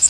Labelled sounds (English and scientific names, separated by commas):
Magnolia Warbler (Setophaga magnolia) flight call